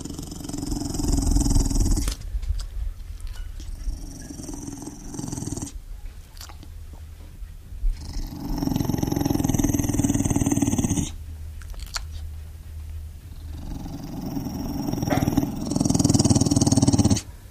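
Deep, rumbling snores from a resting pit bull, coming in slow cycles about every six seconds. Loud, rough breaths alternate with softer, quieter ones. This is ordinary snoring in a dog at rest.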